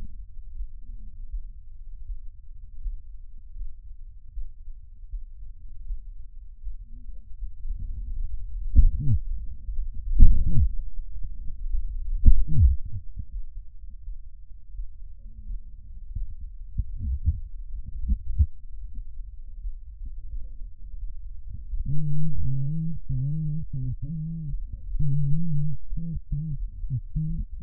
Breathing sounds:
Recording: lung sounds by stethoscope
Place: right anterior apical chest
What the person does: quiet breathing, then cough and speech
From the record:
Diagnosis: COPD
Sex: female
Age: 80 years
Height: 160 cm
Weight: 62 kg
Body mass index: 24.2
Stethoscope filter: bell mode

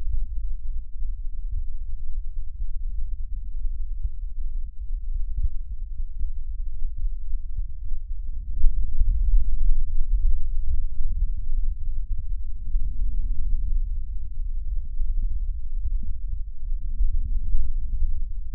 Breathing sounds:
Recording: lung sounds by stethoscope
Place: left posterior basal chest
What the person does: quiet breathing, then deep breathing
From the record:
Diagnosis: interstitial lung disease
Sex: male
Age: 75 years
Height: 167 cm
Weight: 68 kg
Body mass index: 24.4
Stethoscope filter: bell mode

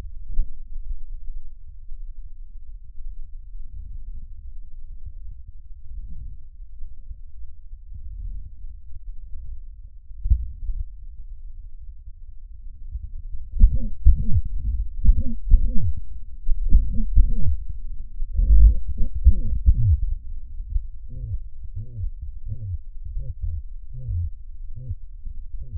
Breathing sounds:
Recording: lung sounds by stethoscope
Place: trachea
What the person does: quiet breathing, then cough and speech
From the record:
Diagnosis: COPD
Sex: male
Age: 70 years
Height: 170 cm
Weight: 74 kg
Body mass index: 25.6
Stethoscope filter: bell mode

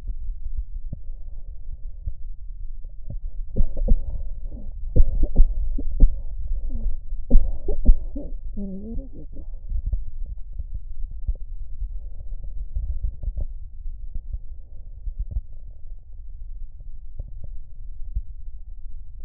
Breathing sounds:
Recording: lung sounds by stethoscope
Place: right posterior basal chest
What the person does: quiet breathing, then cough and speech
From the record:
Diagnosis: COPD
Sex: female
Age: 65 years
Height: 156 cm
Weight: 63.9 kg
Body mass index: 26.3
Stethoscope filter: extended mode

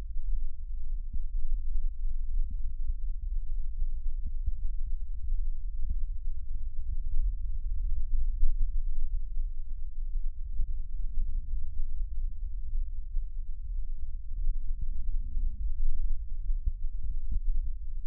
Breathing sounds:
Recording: lung sounds by stethoscope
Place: left anterior apical chest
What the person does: quiet breathing, then deep breathing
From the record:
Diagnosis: asthma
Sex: female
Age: 74 years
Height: 155 cm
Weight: 63 kg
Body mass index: 26.2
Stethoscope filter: bell mode

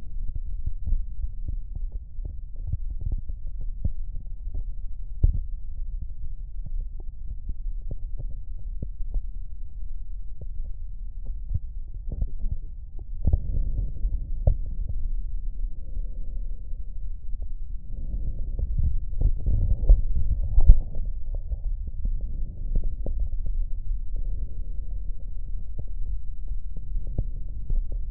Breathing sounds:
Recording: lung sounds by stethoscope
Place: right posterior apical chest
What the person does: quiet breathing, then deep breathing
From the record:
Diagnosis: none (healthy)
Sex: male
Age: 35 years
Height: 186 cm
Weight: 108 kg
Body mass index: 31.2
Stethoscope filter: extended mode

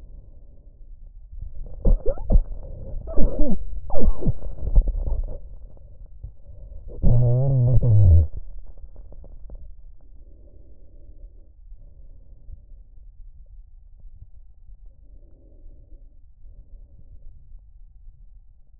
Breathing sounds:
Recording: lung sounds by stethoscope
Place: trachea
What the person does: quiet breathing, then cough and speech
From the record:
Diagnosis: interstitial lung disease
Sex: male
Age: 72 years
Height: 170 cm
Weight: 62.9 kg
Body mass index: 21.8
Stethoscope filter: extended mode

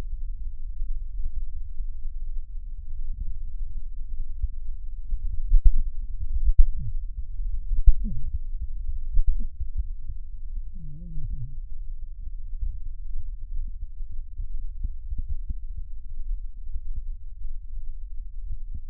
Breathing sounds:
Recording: lung sounds by stethoscope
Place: left posterior basal chest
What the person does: quiet breathing, then cough and speech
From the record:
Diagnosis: COPD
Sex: male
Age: 72 years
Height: 172 cm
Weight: 58.6 kg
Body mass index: 19.8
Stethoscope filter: bell mode

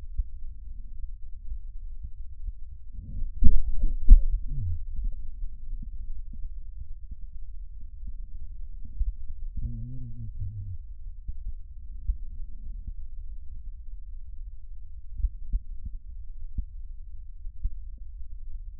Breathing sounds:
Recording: lung sounds by stethoscope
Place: left posterior basal chest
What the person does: quiet breathing, then cough and speech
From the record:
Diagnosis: interstitial lung disease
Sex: male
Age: 74 years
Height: 160 cm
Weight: 54 kg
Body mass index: 21.1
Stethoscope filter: bell mode

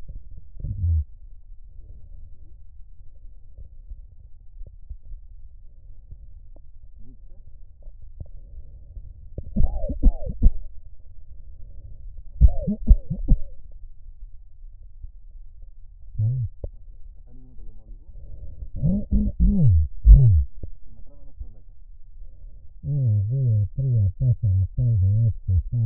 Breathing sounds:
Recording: lung sounds by stethoscope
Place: right posterior apical chest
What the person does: quiet breathing, then cough and speech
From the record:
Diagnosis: none (healthy)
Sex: male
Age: 60 years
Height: 190 cm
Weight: 150 kg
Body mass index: 41.6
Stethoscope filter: extended mode

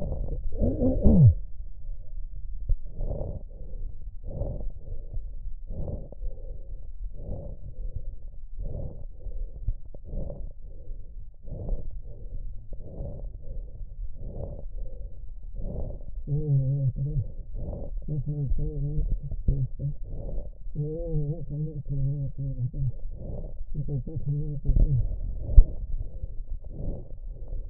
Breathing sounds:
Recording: lung sounds by stethoscope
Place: left posterior apical chest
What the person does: quiet breathing, then cough and speech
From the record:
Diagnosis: interstitial lung disease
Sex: male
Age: 72 years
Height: 167 cm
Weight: 74 kg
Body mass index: 26.5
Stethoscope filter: extended mode

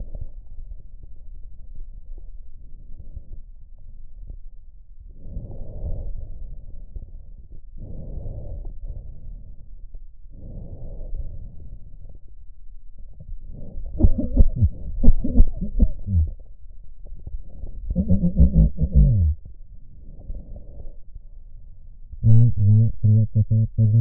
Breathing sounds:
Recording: lung sounds by stethoscope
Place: right posterior basal chest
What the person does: quiet breathing, then cough and speech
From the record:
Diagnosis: none (healthy)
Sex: male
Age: 45 years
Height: 173 cm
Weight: 92 kg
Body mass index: 30.7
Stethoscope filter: extended mode

